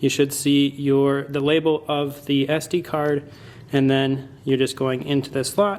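A plastic SD memory card is handled at the card slot of a T7 camera, label facing the screen, ready to be pushed in. A man talks throughout, with only faint handling sounds under his voice. Nothing has seated or clicked yet.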